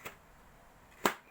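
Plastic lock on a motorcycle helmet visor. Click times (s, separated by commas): 0.1 s, 1.1 s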